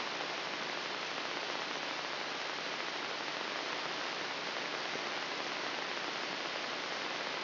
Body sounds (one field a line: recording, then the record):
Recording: brain microelectrode recording played as sound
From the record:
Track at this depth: inside the subthalamic nucleus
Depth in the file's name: 3.308 mm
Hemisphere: left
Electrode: 3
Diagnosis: Parkinson's disease